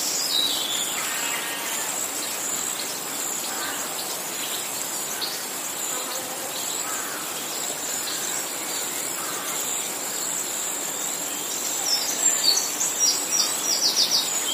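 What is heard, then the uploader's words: A tranquil meadow with a constant high, thin shimmer of insects running throughout. Faint bird calls flicker in and out over a soft, steady outdoor hush, and a few louder chirps cluster near the end. English Meadow Sounds. Somewhere in the countryside of England, you are deep in relaxation listening to the sounds of nature in a tranquil meadow.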